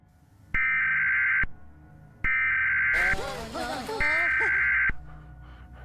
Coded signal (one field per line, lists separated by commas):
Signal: Emergency Alert System (SAME) tones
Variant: header bursts